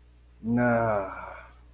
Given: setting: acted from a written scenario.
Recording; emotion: vocal sound without words; guilt